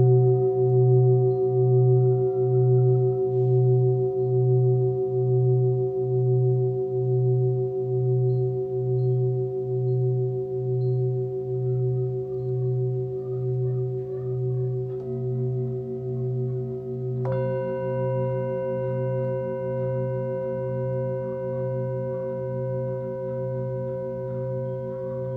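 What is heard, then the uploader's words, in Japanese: Chabo, sanukite and a Tibetan singing bowl ring together in long sustained tones with a slow beating pulse, new struck notes entering around fifteen and seventeen seconds. チャボとサヌカイト、チベタンシンギングボウルの三重奏。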